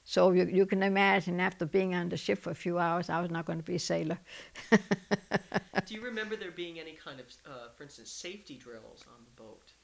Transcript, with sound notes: So you can imagine after being on the ship for a few hours, I was not going to be a sailor. ( she laughs )
Do you remember there being any kind of, for instance, safety drills on the boat?